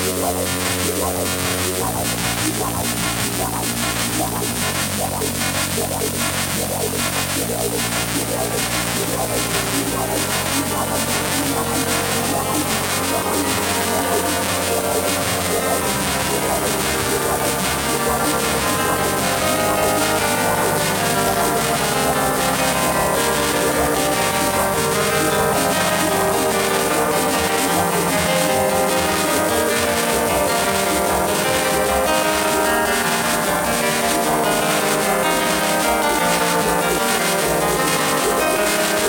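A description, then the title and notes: Strange radio signals fill the whole clip as a dense, unbroken wash of hiss and tones. Low droning notes step to new pitches every few seconds early on, while a fast, regular pulsing runs throughout and busier warbling tones crowd in later. The requirement for this contribution was to record the period of strange radio signals during a nighttime ride through the middle of nowhere where the regular broadcast signal just dropped dead. For this track i utilised my little travel modular synthesizer plus a sequencer.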